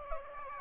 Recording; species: mosquito wingbeat signal from an infrared sensor; Aedes aegypti